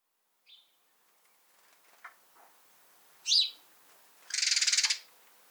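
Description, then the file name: House sparrow calls, a sharp chirp followed by a longer buzzy, rapidly pulsed chatter, with faint softer notes before. "Passer domesticus"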